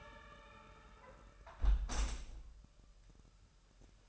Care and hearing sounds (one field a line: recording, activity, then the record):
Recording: daily activity, microphone in the room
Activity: close window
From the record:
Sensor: 2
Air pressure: 999.7 hPa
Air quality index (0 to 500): 218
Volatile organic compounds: 47 ppm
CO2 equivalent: 3250 ppm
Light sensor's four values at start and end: 8/20/8/8 and 8/19/8/8